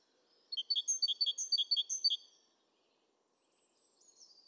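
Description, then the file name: Great tit song, one quick burst of seven ringing double notes, then a faint high thin whistle. "Parus major"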